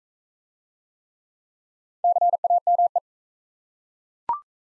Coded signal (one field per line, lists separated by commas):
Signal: Morse code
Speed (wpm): 42 wpm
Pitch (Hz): 700 Hz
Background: none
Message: CAME